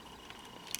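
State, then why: Not seated. An optional plastic adapter piece for a 1/100 Master Grade Aile Strike Gundam Ver. RM model kit is handled at the kit's ridged socket as it is pushed toward locking into place. Faint, quiet handling noise is heard, with a brief sharp tick near 0.75 s. Nothing has seated or clicked yet.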